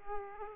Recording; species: mosquito wingbeat signal from an infrared sensor; Aedes aegypti